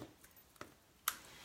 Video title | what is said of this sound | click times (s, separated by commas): Skin Care Routine with Younque | sure you get it on there and you hear it pop okay and | 1.1 s